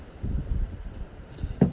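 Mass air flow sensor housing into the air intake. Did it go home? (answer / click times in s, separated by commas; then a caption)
yes / 1.6 s. A mass air flow sensor housing is pushed into the plastic air intake of a Mercedes M113 car engine while a new sensor is being fitted. Low rumbling handling noise fills the clip, with a faint tap at 1.3 s. A sharp click at 1.6 s marks the part seating in place.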